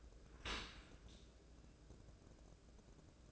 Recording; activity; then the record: daily activity, microphone in the room; open dishwasher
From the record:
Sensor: 2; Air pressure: 1012.2 hPa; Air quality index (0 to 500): 147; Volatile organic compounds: 2 ppm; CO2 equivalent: 1078 ppm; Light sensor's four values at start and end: 293/718/291/296 and 293/717/291/295